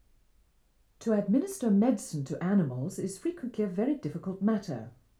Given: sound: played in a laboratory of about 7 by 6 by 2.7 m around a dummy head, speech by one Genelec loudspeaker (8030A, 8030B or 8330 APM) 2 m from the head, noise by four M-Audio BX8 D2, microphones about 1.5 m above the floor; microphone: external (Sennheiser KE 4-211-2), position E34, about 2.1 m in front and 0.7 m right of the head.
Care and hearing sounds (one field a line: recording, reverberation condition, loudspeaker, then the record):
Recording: female speech in English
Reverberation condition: low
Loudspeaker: in front (0 degrees)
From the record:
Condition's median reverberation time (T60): about 310 ms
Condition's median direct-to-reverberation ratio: about 3.5 dB